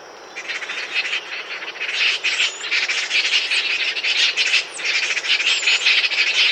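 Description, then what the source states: Band-backed wren chattering in dense, grating bursts that build after a quiet start, with a few thin, high, slurred whistles. South America.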